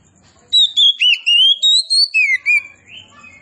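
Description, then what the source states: Oriental magpie-robin singing a run of about eight clear whistled notes, slurring up and down in pitch, closely spaced over two seconds. Indonesian name kacer poci for this type of magpie-robin; described as gacor, singing actively.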